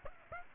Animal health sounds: mosquito wingbeat signal from an infrared sensor; Aedes aegypti

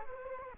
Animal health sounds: mosquito wingbeat signal from an infrared sensor; Culex quinquefasciatus

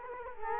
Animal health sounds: mosquito wingbeat signal from an infrared sensor; Culex quinquefasciatus

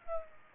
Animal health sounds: mosquito wingbeat signal from an infrared sensor; Aedes aegypti

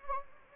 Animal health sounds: mosquito wingbeat signal from an infrared sensor; Anopheles gambiae

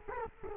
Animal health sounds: mosquito wingbeat signal from an infrared sensor; Culex quinquefasciatus

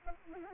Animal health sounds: mosquito wingbeat signal from an infrared sensor; Aedes aegypti

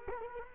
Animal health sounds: mosquito wingbeat signal from an infrared sensor; Culex quinquefasciatus

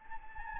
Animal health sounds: mosquito wingbeat signal from an infrared sensor; Anopheles gambiae

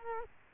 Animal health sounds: mosquito wingbeat signal from an infrared sensor; Culex quinquefasciatus

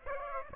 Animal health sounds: mosquito wingbeat signal from an infrared sensor; Aedes aegypti

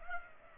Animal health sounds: mosquito wingbeat signal from an infrared sensor; Culex pipiens

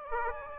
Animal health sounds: mosquito wingbeat signal from an infrared sensor; Aedes aegypti

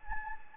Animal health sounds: mosquito wingbeat signal from an infrared sensor; Anopheles gambiae

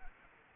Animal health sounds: mosquito wingbeat signal from an infrared sensor; Anopheles arabiensis

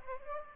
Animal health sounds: mosquito wingbeat signal from an infrared sensor; Aedes aegypti

